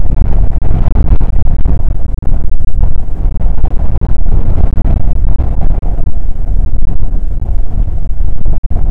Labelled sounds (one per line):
wind